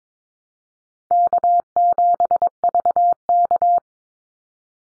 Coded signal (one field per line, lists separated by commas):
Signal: Morse code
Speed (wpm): 22 wpm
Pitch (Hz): 700 Hz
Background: none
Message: K7VK